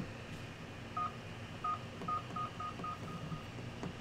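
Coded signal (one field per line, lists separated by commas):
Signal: none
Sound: 3D printer's beep tones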